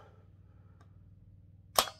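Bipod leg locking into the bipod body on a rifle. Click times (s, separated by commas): 0.8 s, 1.8 s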